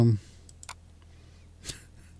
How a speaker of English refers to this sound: You can just hear me just clicking around.